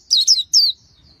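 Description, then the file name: White-eye chirps: three high, thin notes that each slide downward, the first two quickly paired and the third slightly longer, over a quiet background. "tieng khuyen liu"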